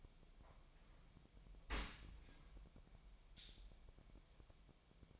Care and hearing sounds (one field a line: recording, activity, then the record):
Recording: daily activity, microphone in the room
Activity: open dishwasher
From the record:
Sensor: 1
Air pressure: 1006.8 hPa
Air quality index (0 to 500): 208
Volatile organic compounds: 23 ppm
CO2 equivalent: 2796 ppm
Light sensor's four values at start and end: 12/31/12/14 and 12/31/12/14